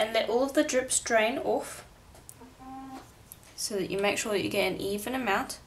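Someone talks while handling the plastic cover on a resin measuring dispenser, with a few faint short ticks and a brief tone in the pause between phrases. The cover is being swung back over but has not clicked into place yet; nothing has seated by the end of the clip.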